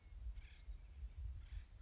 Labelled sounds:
Acorn Woodpecker
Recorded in Sonoma County, California

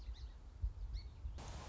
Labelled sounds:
Song Sparrow
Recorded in Sonoma County, California

